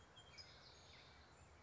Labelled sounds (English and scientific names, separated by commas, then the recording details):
California Towhee (Melozone crissalis)
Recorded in Sonoma County, California